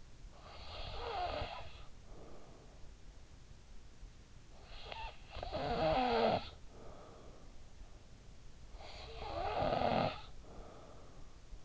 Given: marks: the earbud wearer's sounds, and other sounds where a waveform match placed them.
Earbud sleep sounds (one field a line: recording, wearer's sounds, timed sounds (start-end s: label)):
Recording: sounds in sleep by an in-ear microphone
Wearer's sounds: snoring breath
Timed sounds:
0.00-2.65 s: snoring breath
4.25-7.79 s: snoring breath
8.28-11.65 s: snoring breath